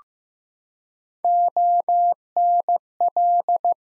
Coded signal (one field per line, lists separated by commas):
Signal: Morse code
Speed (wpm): 15 wpm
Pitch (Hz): 700 Hz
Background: none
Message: ONL